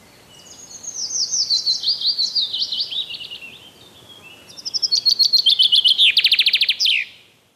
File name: Zięba